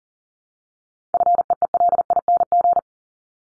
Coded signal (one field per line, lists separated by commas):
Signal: Morse code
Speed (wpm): 40 wpm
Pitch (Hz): 700 Hz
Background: none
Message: FEELING